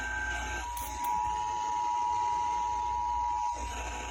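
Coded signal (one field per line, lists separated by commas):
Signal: Emergency Alert System (SAME) tones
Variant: 853 and 960 Hz attention tone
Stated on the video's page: Required Monthly Test tones relayed on several radio and TV stations, including FM stations, an AM station and a TV station.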